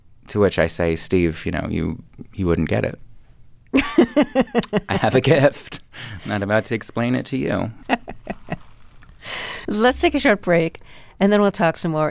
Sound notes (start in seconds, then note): 3.7 laughter; 7.8 laughter